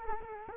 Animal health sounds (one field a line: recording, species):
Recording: mosquito wingbeat signal from an infrared sensor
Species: Culex quinquefasciatus